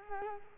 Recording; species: mosquito wingbeat signal from an infrared sensor; Culex quinquefasciatus